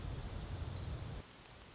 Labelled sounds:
Orange-crowned Warbler
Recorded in Sonoma County, California

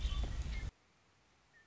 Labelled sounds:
Red-winged Blackbird
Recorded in Sonoma County, California

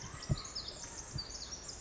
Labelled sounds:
Pacific Wren
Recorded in Sonoma County, California

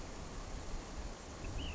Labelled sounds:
Ash-throated Flycatcher
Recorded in Sonoma County, California

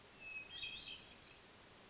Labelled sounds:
Hermit Thrush
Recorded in Sonoma County, California

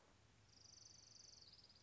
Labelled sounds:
Orange-crowned Warbler
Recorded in Sonoma County, California

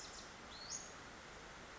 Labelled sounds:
Western Flycatcher
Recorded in Sonoma County, California

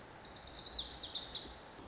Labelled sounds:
Lazuli Bunting
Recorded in Sonoma County, California

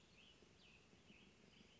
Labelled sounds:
Cassin's Vireo
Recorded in Sonoma County, California

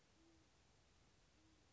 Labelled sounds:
Band-tailed Pigeon
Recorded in Sonoma County, California

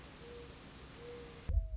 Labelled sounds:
Mourning Dove
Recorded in Sonoma County, California

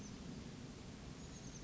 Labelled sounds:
Oak Titmouse
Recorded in Sonoma County, California

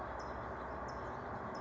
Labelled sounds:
California Towhee
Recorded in Sonoma County, California

